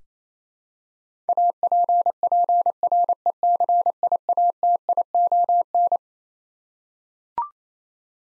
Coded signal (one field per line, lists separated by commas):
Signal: Morse code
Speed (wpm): 27 wpm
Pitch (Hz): 700 Hz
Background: none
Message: APPRECIATION